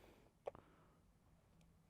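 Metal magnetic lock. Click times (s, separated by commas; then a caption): 0.5 s. A magnetic lock on motorcycle gear is brought onto its mating half and snaps shut, replacing an old cable lock. A sharp double click sounds at 0.5 s and 0.6 s, and the lock is closed. No one talks during the clip.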